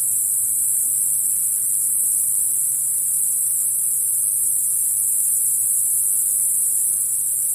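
Cicadas giving a continuous, very high, unbroken hissing drone that holds steady throughout.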